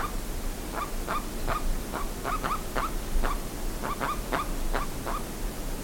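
Bird calls: short, harsh mid-pitched notes given irregularly over a steady low rumble of background noise.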